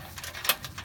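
A purple wire lead's pin is pushed toward the matching purple lighting connector housing, with soft handling rustle and brief taps near 0.5 s and 0.6 s. Nothing has seated or clicked yet.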